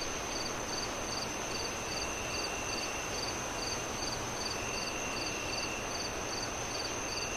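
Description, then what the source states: Cricket chirps repeat steadily, a little over two per second, alongside a sustained high whine and a dense wash of wind noise. Crickets chirping on a windy night as the moon rises, with wind howling through the trees.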